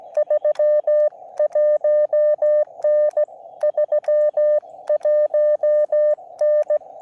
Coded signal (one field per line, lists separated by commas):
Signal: Morse code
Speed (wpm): 17 wpm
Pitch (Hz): 600 Hz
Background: none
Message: 31N 31N